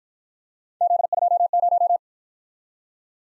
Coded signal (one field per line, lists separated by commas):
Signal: Morse code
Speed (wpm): 53 wpm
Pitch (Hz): 700 Hz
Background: none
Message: Z20